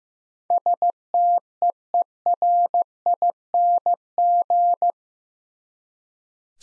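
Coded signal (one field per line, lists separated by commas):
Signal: Morse code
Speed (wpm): 15 wpm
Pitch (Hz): 700 Hz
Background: none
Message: STEERING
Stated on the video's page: Morse code word-copying practice at 15 wpm, using contextual hints to prime the listener.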